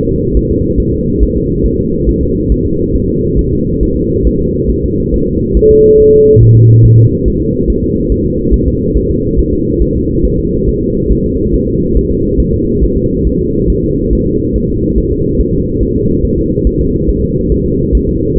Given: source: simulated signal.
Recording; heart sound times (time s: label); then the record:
fetal heart sounds
0.09 s: S2
0.37 s: S1
0.51 s: S2
0.80 s: S1
0.94 s: S2
1.23 s: S1
1.37 s: S2
1.66 s: S1
1.80 s: S2
2.09 s: S1
2.23 s: S2
2.52 s: S1
2.66 s: S2
2.96 s: S1
3.10 s: S2
3.39 s: S1
3.53 s: S2
3.83 s: S1
3.97 s: S2
4.27 s: S1
4.41 s: S2
4.70 s: S1
4.84 s: S2
5.14 s: S1
5.28 s: S2
5.57 s: S1
5.71 s: S2
6.00 s: S1
6.14 s: S2
6.43 s: S1
6.57 s: S2
6.85 s: S1
6.99 s: S2
7.28 s: S1
7.42 s: S2
7.70 s: S1
7.84 s: S2
8.12 s: S1
8.26 s: S2
8.54 s: S1
8.68 s: S2
8.97 s: S1
9.11 s: S2
9.39 s: S1
9.53 s: S2
9.82 s: S1
9.96 s: S2
10.25 s: S1
10.39 s: S2
10.68 s: S1
10.83 s: S2
11.12 s: S1
11.26 s: S2
11.55 s: S1
11.68 s: S2
11.97 s: S1
12.11 s: S2
12.40 s: S1
12.54 s: S2
12.84 s: S1
12.98 s: S2
13.27 s: S1
13.41 s: S2
13.70 s: S1
13.84 s: S2
14.13 s: S1
14.27 s: S2
14.56 s: S1
14.70 s: S2
14.98 s: S1
15.12 s: S2
15.40 s: S1
15.55 s: S2
15.83 s: S1
15.97 s: S2
16.25 s: S1
16.39 s: S2
16.67 s: S1
16.81 s: S2
17.09 s: S1
17.23 s: S2
17.52 s: S1
17.66 s: S2
17.95 s: S1
18.09 s: S2
18.38 s: S1
From the record:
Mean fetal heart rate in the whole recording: 140 bpm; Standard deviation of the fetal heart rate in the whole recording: 2 bpm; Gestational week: 34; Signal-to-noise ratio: -14.7 dB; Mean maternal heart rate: 72 bpm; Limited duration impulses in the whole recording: present